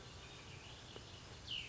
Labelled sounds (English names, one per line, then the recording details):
Cassin's Vireo
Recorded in Sonoma County, California